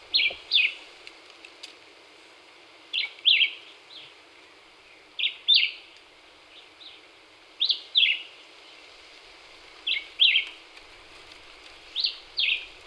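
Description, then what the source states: Black-whiskered vireo giving six clipped two-note whistled phrases over thirteen seconds, spaced about two seconds apart, with occasional faint background sounds. Recorded 26 April 2019.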